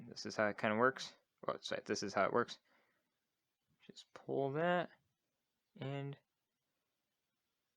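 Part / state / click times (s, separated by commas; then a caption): lock bar in a folding knife handle / not seated / none. Someone talks while handling the lock bar in the handle of a disassembled Cold Steel Voyager XL Tanto folding knife, pulling the lock mechanism back at the button. Short bursts of speech are separated by quiet gaps, with a faint tick near the middle. The clip ends before the lock bar is let go, so nothing has seated or clicked into place yet.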